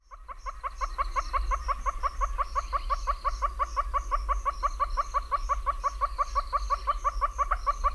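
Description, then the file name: Northern red-billed hornbill calling, a long rapid series of clucking notes, steady and unbroken. "Northern Red-billed Hornbill (Tockus erythrorhynchus)"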